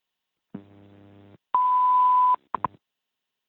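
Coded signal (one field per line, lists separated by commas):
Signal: radio time signal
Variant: WWV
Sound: low buzzy hum, then a steady 1 kHz tone about 0.8 s, then short clicks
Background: radio static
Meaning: The long 1 kHz tone marks the start of a minute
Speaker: let's take a quick listen as to what it sounds like when you listen to them on the air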